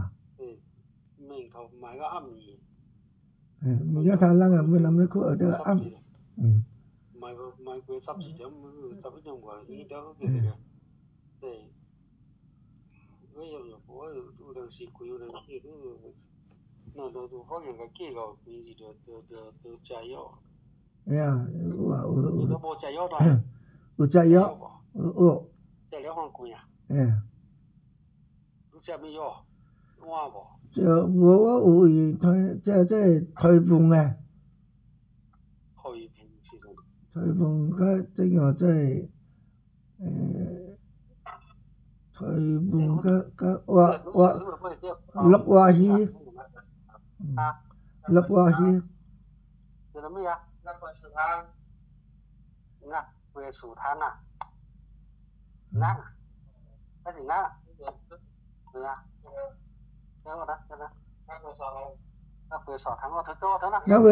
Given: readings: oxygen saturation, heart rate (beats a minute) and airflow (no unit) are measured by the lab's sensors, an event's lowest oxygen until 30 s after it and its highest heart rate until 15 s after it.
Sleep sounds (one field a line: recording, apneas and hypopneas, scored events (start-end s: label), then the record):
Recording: a person awake in a sleep study, by a smartphone at the bedside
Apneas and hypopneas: none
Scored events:
0.00-64.12 s: awake
From the record:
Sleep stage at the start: awake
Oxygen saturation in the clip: 95 to 96%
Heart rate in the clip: 70 to 78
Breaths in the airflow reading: 17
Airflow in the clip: -5.0 to 5.6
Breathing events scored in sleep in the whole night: 270 in 6.1 hours asleep